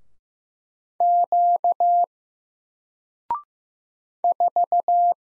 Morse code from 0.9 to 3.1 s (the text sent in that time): Q